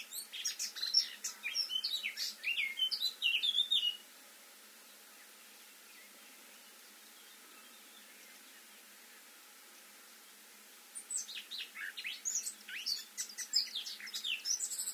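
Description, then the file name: Eurasian blackcap song in two bursts of quick, varied warbling notes, split by about seven seconds of quiet. "Sylvia atricapilla"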